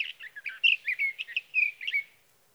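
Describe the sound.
Sage thrasher song, a fast, varied warble of short chirps and slurred notes running without pause for over two seconds, then fading out.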